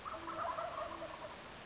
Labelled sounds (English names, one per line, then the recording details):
Wild Turkey
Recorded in Sonoma County, California